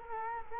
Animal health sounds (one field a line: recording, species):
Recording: mosquito wingbeat signal from an infrared sensor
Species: Culex quinquefasciatus